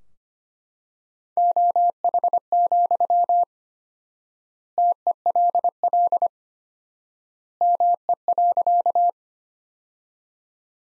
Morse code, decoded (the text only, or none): OH, TELL ME.